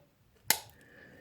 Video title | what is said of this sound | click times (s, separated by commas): Pan tension of mb 450/550 and trap prep | night last so you're gonna hear a click okay | 0.5 s